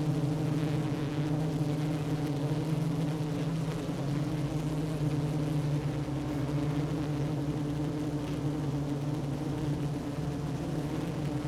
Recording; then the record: honeybee colony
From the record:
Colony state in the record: active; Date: 12 June 2018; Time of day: 10:46